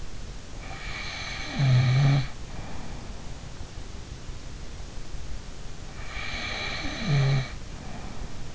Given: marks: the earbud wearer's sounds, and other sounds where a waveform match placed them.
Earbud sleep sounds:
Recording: sounds in sleep by an in-ear microphone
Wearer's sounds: snoring breath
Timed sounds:
0.67-3.16 s: snoring breath
5.97-8.55 s: snoring breath

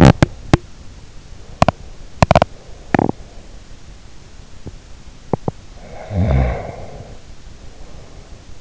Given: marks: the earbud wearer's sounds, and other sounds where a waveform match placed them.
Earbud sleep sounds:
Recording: sounds in sleep by an in-ear microphone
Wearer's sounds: teeth grinding, snoring breath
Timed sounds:
0.00-1.16 s: teeth grinding
1.48-3.33 s: teeth grinding
4.44-5.61 s: teeth grinding
5.84-8.37 s: snoring breath

